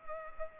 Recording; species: mosquito wingbeat signal from an infrared sensor; Culex pipiens